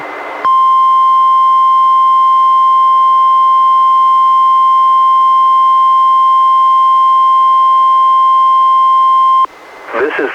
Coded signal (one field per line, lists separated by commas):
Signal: Emergency Alert System (SAME) tones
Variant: 1050 Hz attention tone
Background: speech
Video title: EAS #665: NWR Required Weekly Test- July 27, 2022- 11:06AM PDT